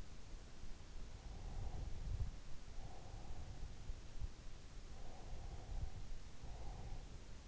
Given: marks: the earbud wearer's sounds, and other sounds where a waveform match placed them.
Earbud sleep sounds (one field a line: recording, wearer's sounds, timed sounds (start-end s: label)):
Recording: sounds in sleep by an in-ear microphone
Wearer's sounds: breath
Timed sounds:
1.39-3.81 s: breath
4.94-7.30 s: breath